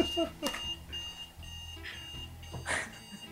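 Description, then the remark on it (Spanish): An alarm goes off, a steady, high electronic tone that rings continuously for several seconds, with a few brief bursts of rustling noise over it. “Vaya, me está sonando una alarma, perdóname un segundo.”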